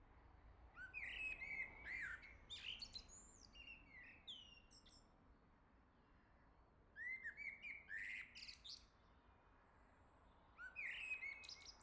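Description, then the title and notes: Common blackbird singing mellow fluted phrases with high squeaky twitters, in three bursts separated by pauses. "Le Merle salue l'été, 3 Gd Rue de Chassagne, 17220 La Jarrie, France. Quel Sol!!!! pour saluer l'arrivée de l'été ce matin! Merci Jolie Merle de tes vocalises à proximité!"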